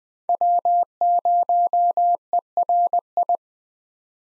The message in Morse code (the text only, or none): W0ERI